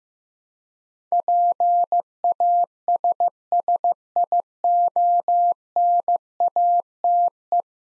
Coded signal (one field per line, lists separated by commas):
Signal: Morse code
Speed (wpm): 15 wpm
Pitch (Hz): 700 Hz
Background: none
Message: PASSIONATE